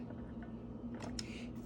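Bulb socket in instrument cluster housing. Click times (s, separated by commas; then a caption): 1.2 s. A plastic bulb socket is pushed into the gauge cluster housing of a Toyota Sera and turned back to horizontal, giving a small, sharp click at 1.2 s as it locks. The socket is seated and nice and snug. A low steady hum sits underneath, with a little handling noise around the click.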